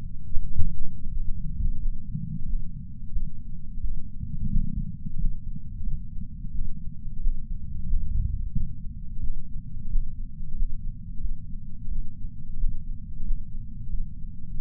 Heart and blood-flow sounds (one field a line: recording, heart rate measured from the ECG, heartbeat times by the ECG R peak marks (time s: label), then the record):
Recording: heart sounds by patch sensor on the chest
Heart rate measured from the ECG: 89 bpm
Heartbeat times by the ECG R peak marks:
0.39 s: heartbeat
1.10 s: heartbeat
1.78 s: heartbeat
2.45 s: heartbeat
3.11 s: heartbeat
3.80 s: heartbeat
4.49 s: heartbeat
5.17 s: heartbeat
5.83 s: heartbeat
6.50 s: heartbeat
7.19 s: heartbeat
7.86 s: heartbeat
8.52 s: heartbeat
9.19 s: heartbeat
9.88 s: heartbeat
10.54 s: heartbeat
11.20 s: heartbeat
11.87 s: heartbeat
12.56 s: heartbeat
13.23 s: heartbeat
13.89 s: heartbeat
14.57 s: heartbeat
From the record:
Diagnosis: coronary artery disease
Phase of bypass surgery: postoperative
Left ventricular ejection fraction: 66.5%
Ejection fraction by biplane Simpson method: 64.8%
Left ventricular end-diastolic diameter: 39 mm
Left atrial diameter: 31 mm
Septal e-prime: 4.5 cm/s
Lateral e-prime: 6.6 cm/s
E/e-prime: 22.7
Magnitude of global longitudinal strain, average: 16.9%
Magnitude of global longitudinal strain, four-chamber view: 19.4%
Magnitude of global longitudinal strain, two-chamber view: 15.7%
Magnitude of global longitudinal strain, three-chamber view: 15.8%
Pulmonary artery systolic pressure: 26 mmHg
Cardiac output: 4.24 L/min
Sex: female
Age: 80 years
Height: 150 cm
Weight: 49 kg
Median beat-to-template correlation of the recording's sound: 0.73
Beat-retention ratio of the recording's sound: 1.00